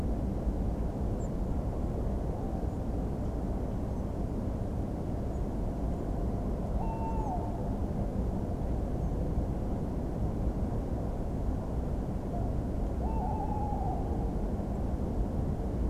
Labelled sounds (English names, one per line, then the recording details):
European Robin
Song Thrush
Tawny Owl
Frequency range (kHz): European Robin 5.7-8.5 kHz; Song Thrush 6.6-8.6 kHz
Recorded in France